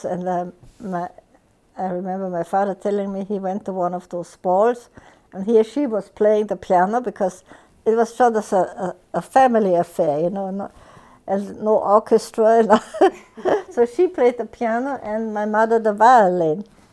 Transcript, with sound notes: And I remember my father telling me he went to one of those balls, and here she was playing the piano because it was a family affair, you know, and no orchestra. ( she laughs ) So she played the piano, and my mother the violin,